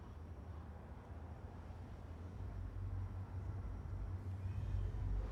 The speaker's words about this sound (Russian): Мимо проезжает машина.